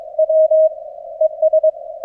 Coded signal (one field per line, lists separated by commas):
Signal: Morse code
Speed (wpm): 23 wpm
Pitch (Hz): 630 Hz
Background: none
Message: W ES